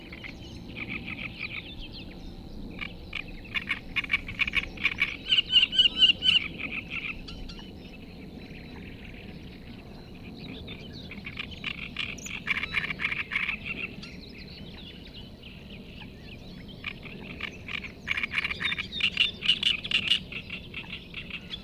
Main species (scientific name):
Acrocephalus arundinaceus